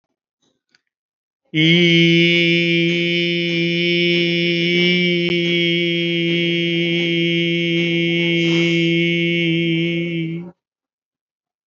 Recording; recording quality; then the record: sustained vowel as in beet; excellent, no background noise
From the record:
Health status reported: COVID-19 positive, moderate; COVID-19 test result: positive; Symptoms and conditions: breathing difficulty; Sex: male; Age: 53 years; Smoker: not ticked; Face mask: worn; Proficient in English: no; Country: India